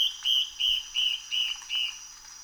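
Yellow-browed antbird delivering six spaced whistled notes, slightly buzzy, over a persistent high whine.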